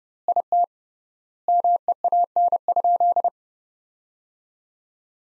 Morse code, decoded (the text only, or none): IT MEAN?